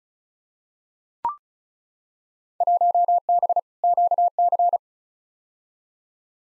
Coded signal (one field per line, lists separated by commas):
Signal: Morse code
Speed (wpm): 34 wpm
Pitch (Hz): 700 Hz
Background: none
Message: 1B QC